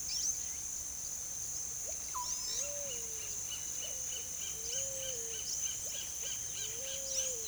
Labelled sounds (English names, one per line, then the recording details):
Russet-backed Oropendola
Palm Tanager
Pale-vented Pigeon
Roadside Hawk
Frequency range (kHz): Russet-backed Oropendola 0.4-1.8 kHz; Palm Tanager 2.7-8.7 kHz; Roadside Hawk 1.8-4.1 kHz
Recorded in pastures near Puerto Asís, Putumayo, Colombia, on 18 February 2024 at 08:30
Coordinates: 0.466, -76.323
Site G6384